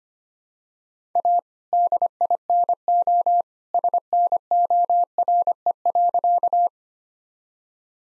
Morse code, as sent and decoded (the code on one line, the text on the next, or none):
.- / -.. .. -. --- / ... -. --- .-. . .-.-.-
A DINO SNORE.